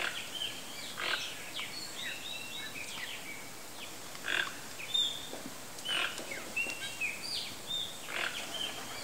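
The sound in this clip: Bird calls: scattered chirps and short whistled notes, some overlapping, heard against a continuous rushing background noise.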